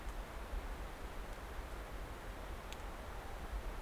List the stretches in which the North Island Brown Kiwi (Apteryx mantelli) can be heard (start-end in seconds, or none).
none